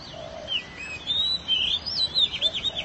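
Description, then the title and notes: Canary song, a running phrase of bright whistled slurs rising and falling, ending in a rapid series of quick trilled notes. "BM Suara Kenari. BM Suara Burung Kenari"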